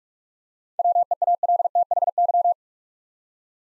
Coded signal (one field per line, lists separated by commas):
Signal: Morse code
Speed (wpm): 44 wpm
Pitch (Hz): 700 Hz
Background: none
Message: WEALTHY